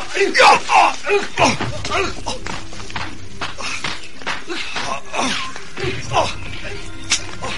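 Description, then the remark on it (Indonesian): A flurry of hard punches to the face and body lands in quick, uneven succession, sharp smacking thuds mixed with strained grunts and shouts from the fighters. “Langkan, murid dari Segoro Ireng yang mendendam pada Raden Sakapalwaguna yang telah mengalahkannya, menjatuhkan pukulan-pukulan keras ke wajah dan tubuh Raden Sakapalwaguna.”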